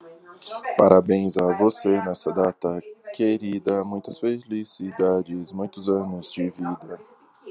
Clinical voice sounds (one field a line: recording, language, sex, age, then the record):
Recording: short text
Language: Brazilian Portuguese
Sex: male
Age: 30 to 39 years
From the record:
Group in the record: control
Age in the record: 37 years